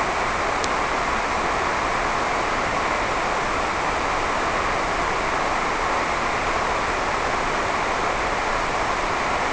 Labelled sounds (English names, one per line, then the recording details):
none
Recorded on Arctic tundra, site NAIT-1, on 28 June 2018
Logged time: 11:00